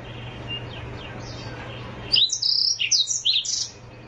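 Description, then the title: Oriental magpie-robin song: after about two seconds of faint notes, a rapid burst of high, varied whistled and chirping notes lasting about a second and a half, over a steady low hum. Long-duration chirping. "Kicau Kacer Durasi Panjang 1jam Lebih"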